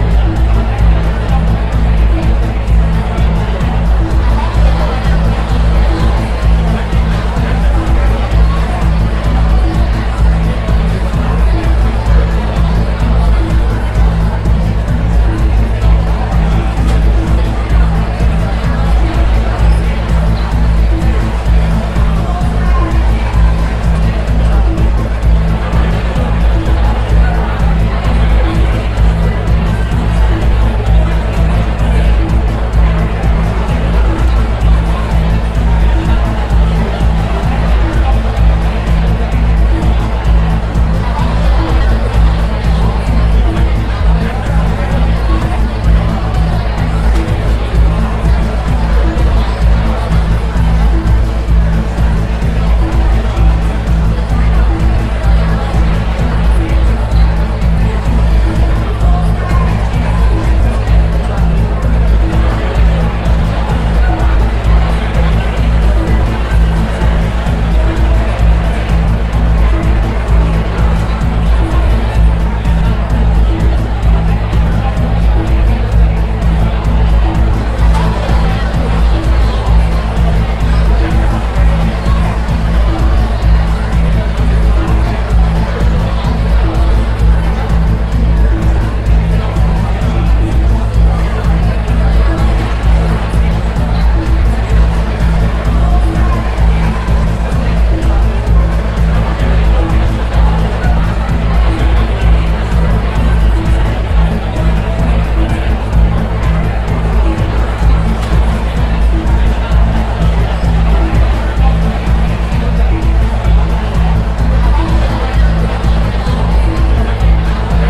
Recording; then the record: background sound without coughing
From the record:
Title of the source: Party Noise 1 Hour Party Ambience